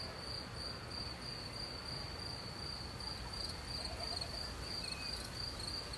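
Cricket song, a continuous high pulsing chirp throughout, with gentle wind noise underneath.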